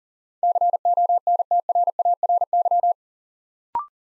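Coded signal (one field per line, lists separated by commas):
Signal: Morse code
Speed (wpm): 37 wpm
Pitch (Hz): 700 Hz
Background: none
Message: CONTRARY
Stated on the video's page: Build-a-word Morse drill of 8-letter words, sent three letters at a time at 40 wpm, for instant character recognition.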